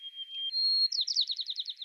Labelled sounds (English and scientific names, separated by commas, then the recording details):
White-crowned Sparrow (Zonotrichia leucophrys) song
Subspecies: nuttalli
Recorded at Inspiration Point, California, in 2013
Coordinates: 37.797, -122.458
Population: north
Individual presipJ_13